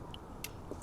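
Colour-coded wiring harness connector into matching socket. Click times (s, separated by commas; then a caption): 0.4 s. A green-coded plastic wiring connector is pushed into its matching socket on a CarPlay module harness. It seats with one sharp click at 0.4 s, with fainter ticks around it. The connector is confirmed clicked in.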